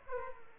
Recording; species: mosquito wingbeat signal from an infrared sensor; Aedes aegypti